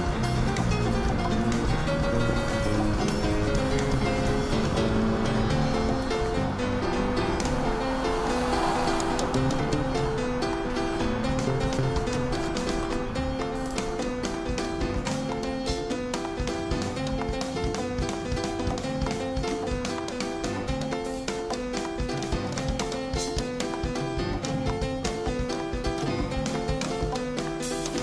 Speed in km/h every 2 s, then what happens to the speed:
79, 77, 75, 73, 73, 71, 56, 36, 23, 18, 14, 10, 8, 7.
0-28 slows to 7.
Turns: none.